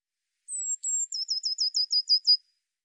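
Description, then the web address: Eurasian blue tit singing two thin, high sustained notes and then a brisk, slightly falling trill of about eight short notes against a silent background. "cianscape birddata Deverinetal 2025 File cleaned normalized Bird Cy Ca"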